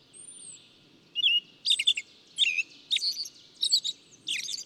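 Bird: a thin high whistle opens. Bursts of chirpy bird song then repeat roughly twice a second over a soft low background noise.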